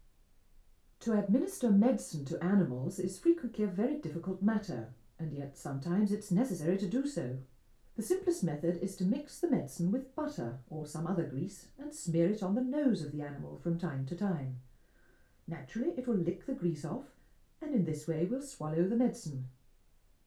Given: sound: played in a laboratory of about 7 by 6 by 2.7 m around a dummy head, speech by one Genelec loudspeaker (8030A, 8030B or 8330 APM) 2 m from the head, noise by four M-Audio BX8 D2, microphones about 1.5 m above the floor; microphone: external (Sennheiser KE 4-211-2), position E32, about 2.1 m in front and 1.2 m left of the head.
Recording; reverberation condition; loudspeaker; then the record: female speech in English; low; 60 degrees to the left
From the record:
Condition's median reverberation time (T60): about 310 ms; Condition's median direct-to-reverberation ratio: about 3.5 dB